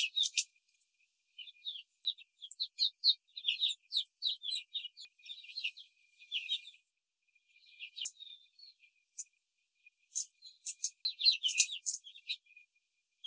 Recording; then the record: young laying hens in a cage, short pieces joined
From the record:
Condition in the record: control cage, before the stress test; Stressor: none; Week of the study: 4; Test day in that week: 3